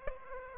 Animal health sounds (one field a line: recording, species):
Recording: mosquito wingbeat signal from an infrared sensor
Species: Aedes aegypti